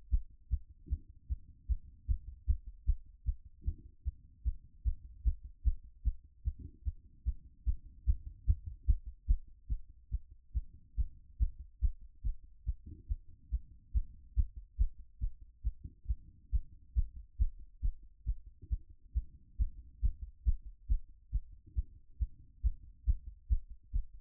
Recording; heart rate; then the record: heart sounds by stethoscope; 142 bpm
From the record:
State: after exercise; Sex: female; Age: 24 years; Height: 178 cm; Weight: 71 kg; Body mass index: 22.41